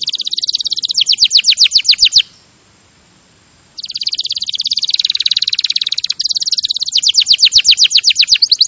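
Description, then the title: Canary song: fast rattling trills, a short pause, then more rapid repeated notes. Champion canary song used as a master recording for training other birds. "Masteran Kenari Juara"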